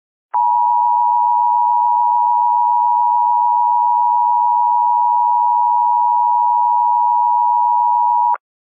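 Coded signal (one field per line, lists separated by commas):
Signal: Emergency Alert System (SAME) tones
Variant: 853 and 960 Hz attention tone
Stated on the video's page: Remastered fictional EAS scenario about an airborne virus.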